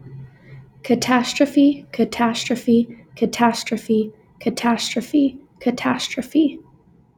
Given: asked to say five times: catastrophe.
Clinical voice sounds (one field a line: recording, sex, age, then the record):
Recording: repeated word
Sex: female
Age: 20 to 29 years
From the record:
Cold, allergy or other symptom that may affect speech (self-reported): no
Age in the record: 25 years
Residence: Utah, United States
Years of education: 16